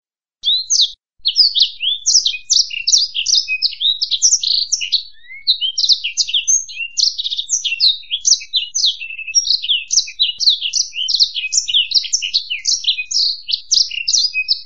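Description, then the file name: Black-throated canary singing a long stream of rapid, high-pitched chirps, trills and slurred notes, broken only by a brief pause near the start. "suara burung blackthroat"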